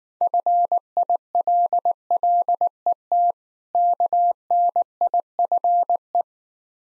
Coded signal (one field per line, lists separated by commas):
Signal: Morse code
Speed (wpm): 19 wpm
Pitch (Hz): 700 Hz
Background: none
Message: FILLET KNIFE